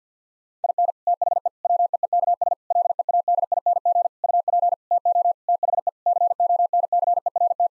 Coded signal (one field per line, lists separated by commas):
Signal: Morse code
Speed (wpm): 50 wpm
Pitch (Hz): 700 Hz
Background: none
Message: IN THE WEEKS LEADING UP TO THE CONCERT